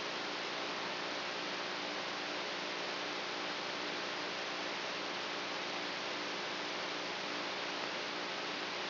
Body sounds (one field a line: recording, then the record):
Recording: brain microelectrode recording played as sound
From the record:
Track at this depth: inside the subthalamic nucleus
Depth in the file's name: 2.604 mm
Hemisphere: right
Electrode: 3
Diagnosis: Parkinson's disease